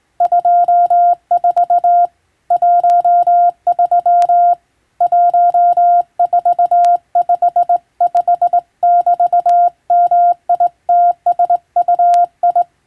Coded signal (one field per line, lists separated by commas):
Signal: Morse code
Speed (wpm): 21 wpm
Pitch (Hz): 700 Hz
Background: none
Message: 24 13 1455<BT>MITSUI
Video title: 【無線通信士】懐かしいモールス通信、昭和はラジオでよく聞こえました。船と陸との唯一の通信手段、大変重要な無線通信でした。アマチュア無線の受信トレーニングにどうぞ morse code practice